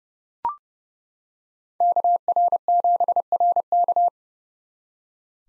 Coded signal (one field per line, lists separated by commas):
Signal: Morse code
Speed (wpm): 30 wpm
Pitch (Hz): 700 Hz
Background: none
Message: KR7RK